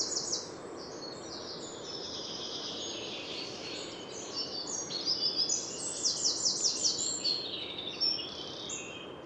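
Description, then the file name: Eurasian wren song, a long stream of very high, tumbling notes and rapid trills that grows louder in the second half, easing again at the very end, with constant low hiss underneath. "Troglodytes troglodytes"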